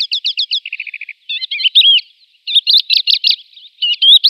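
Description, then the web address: Calandra lark song in short varied bursts: a quick series of repeated chirps, a dry trill, then scratchy warbled phrases with sharp whistled notes between brief pauses. "Schulze Peter Calandra Lark song"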